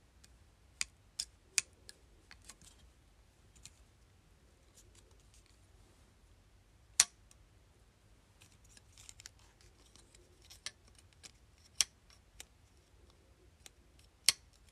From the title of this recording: ASMR Hair Clip